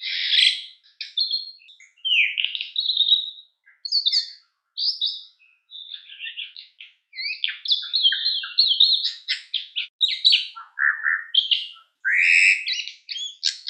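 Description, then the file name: Common myna giving a varied run of chattering, whistled and gurgling notes with short gaps, high-pitched and busy throughout. "martin triste"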